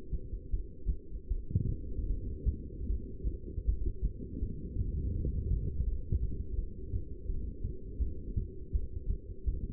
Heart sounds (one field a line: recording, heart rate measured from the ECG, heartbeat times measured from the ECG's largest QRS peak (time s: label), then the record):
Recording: heart sounds by stethoscope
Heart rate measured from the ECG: 81 bpm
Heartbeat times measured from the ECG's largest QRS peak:
0.52 s: heartbeat
1.29 s: heartbeat
2.08 s: heartbeat
2.88 s: heartbeat
3.66 s: heartbeat
4.41 s: heartbeat
5.14 s: heartbeat
5.86 s: heartbeat
6.57 s: heartbeat
7.28 s: heartbeat
8.00 s: heartbeat
8.73 s: heartbeat
9.46 s: heartbeat
From the record:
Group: heart failure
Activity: rest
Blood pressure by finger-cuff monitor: 186/123 mmHg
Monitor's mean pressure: 146 mmHg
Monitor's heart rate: 79 bpm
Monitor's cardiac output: 7.2 L/min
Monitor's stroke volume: 92 mL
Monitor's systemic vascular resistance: 1510 dyn s/cm5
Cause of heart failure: non-ischemic cardiomyopathy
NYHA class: 1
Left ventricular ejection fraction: 62%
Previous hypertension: present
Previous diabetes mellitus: present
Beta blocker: bisoprolol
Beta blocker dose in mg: 10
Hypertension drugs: sacubitril-valsartan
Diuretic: furosemide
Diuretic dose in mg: 20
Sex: male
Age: 49 years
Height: 167 cm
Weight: 110 kg